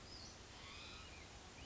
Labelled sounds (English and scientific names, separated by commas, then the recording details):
Western Flycatcher (Empidonax difficilis)
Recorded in Sonoma County, California